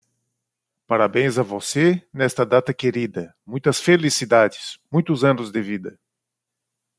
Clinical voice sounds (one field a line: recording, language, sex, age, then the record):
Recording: short text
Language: Brazilian Portuguese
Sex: male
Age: 40 to 49 years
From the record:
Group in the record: control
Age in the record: 46 years